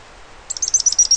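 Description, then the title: Bird giving a quick series of about seven very high, sharp chirps in under a second after a quiet start. "LuckyPassaro Completos2Sama"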